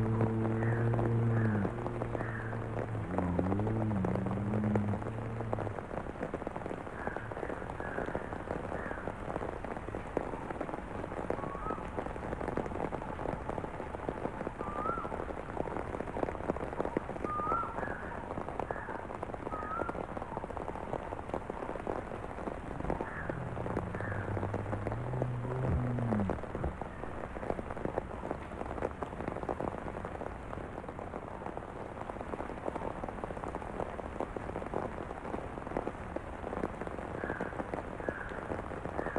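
Steady rain patters on a surface throughout while bears let out low, rumbling growls near the start and again around the middle.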